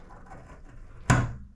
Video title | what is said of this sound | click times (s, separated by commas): How To Replace A Price Pfister / Pfister Avante Cartridge | there you go you heard the click now we know we're at the start of the thread and it goes right in Easy | 1.1 s